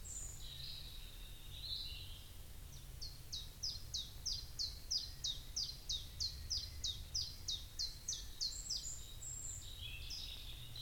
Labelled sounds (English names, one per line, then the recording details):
Common Chiffchaff
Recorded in the wild
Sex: male
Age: adult
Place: Grasehorst, Berlin, DE
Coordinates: 54.13, 10.16
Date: 1989-04-30 10:30
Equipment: Uher 4400 Report Monitor, Sennheiser ME 80, K 30 AV
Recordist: Fischer, Stefan